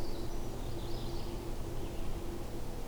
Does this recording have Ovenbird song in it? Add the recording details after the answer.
no. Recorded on 21 June 2016 at 08:40. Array SBT-6-76